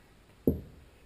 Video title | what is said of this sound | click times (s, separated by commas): Вместо велосипедного насоса: система Adaptrac | Take your tool and you'll hear it snap in there. | 0.5 s